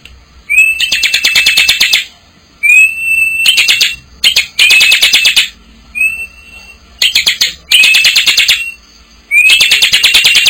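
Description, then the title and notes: Bar-winged prinia song: phrases of a rapid, buzzy string of sharp notes, several opening with a short rising whistle, repeated with brief pauses between. Collection of ciblek sounds, birds in full active song (gacor) together with young birds (anakan). "Kicau Ciblek new - putri sherin. kumpulan suara burung ciblek gacor dan anakan"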